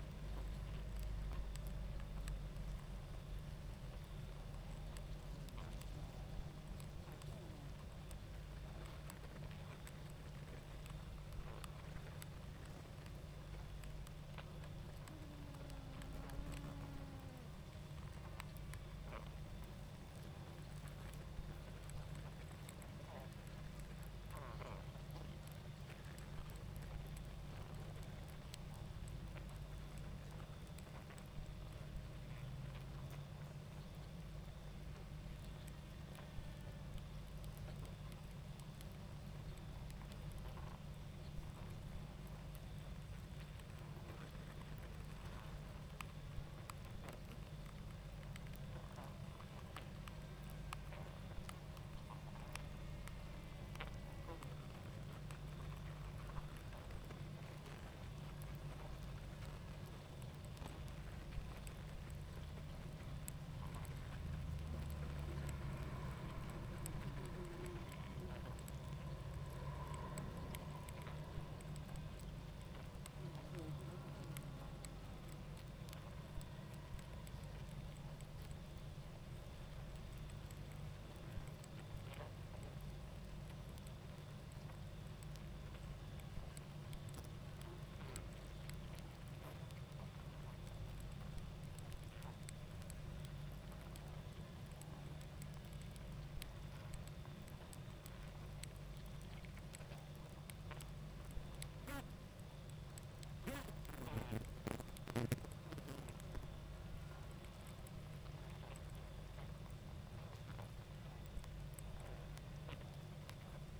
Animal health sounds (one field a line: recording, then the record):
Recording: honeybee colony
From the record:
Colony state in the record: active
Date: 28 July 2017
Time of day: 21:05